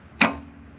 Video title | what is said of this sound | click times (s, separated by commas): Harbor Freight BADLAND 3 Ton Off-Road Jack complete review and assembly then we're going to use it. | But if you put the lever down, it'll lock it into position. | 0.2 s